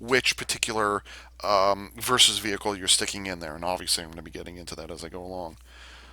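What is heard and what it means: A small plastic Dial Fighter vehicle is handled at the slot of a VS Changer roleplay changer toy while someone talks throughout. The vehicle has not gone in yet; nothing has seated or clicked.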